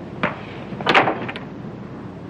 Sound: soundbite of door shutting

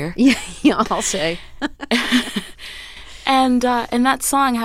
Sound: laughter

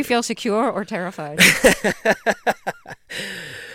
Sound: laughter

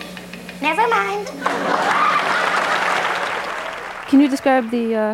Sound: applause

